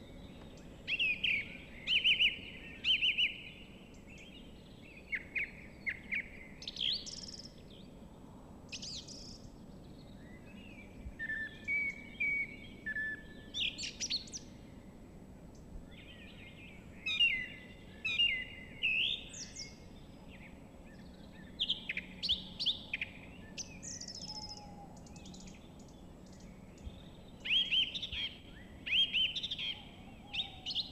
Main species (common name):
Song Thrush